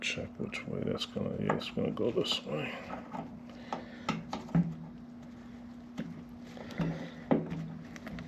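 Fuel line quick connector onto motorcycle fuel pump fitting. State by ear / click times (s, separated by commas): not seated / none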